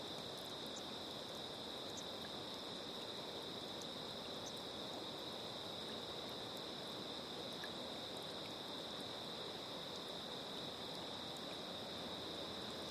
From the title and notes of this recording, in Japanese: 朝焼けに染まる多摩川のチルタイム。